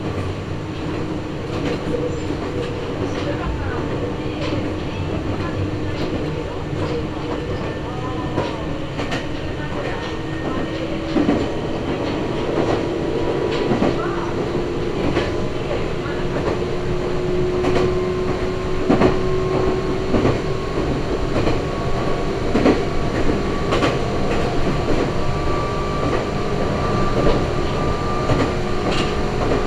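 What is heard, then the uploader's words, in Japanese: A Meitetsu Gamagori Line train runs with a steady rumble, rhythmic clatter of wheels over rail joints, and a rising whine of the motors. 名古屋鉄道 蒲郡線 蒲郡→吉良吉田。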